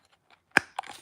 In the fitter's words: You should hear that. So if you do it right, you should hear that click.